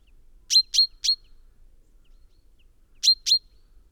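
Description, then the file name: Common chaffinch calling: three quick sharp chinking notes, a pause of about two seconds, then two more. "Fringilla coelebs"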